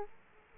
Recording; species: mosquito wingbeat signal from an infrared sensor; Aedes aegypti